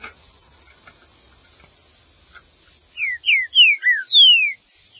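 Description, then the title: Green-winged saltator song: after quiet clicks, a strong phrase of five clear whistles, each falling in pitch, the last longest and drawn out. "Trinca Ferro"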